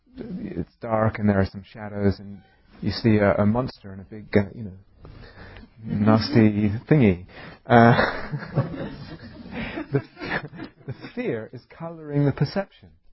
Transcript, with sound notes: it's dark and there are some shadows, and you see a monster and a big, nasty thingy. [laughter] The fear is colouring the perception.